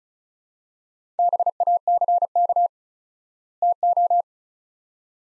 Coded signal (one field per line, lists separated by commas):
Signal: Morse code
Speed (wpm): 36 wpm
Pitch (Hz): 700 Hz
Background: none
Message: BACK TO